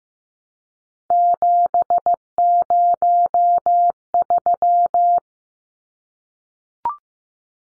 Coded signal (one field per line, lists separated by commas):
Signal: Morse code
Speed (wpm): 15 wpm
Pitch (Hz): 700 Hz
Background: none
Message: 703